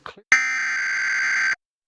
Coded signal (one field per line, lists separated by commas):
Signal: Emergency Alert System (SAME) tones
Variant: header bursts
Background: speech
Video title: Severe Thunderstorm Warning EAS on NJ PBS (8/3/26 - Failed)